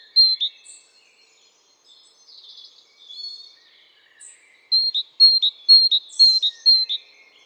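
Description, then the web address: Great tit song, a run of see-saw two-note phrases in the second half, repeated steadily, after scattered soft chirps and twittering. "SETE data Parus major"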